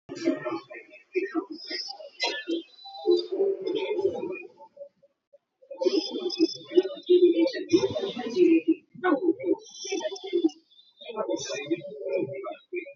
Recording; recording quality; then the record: deep breathing; poor, much background noise or distortion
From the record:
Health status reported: exposed to COVID-19, no respiratory illness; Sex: male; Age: 24 years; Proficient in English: yes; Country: India